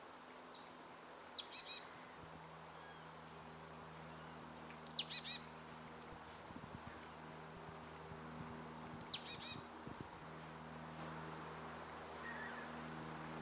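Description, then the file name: Marsh tit calls: a high downslurred note followed by a short run of buzzy, chattering notes, given three times throughout, with a low steady hum beneath. "Poecile palustris"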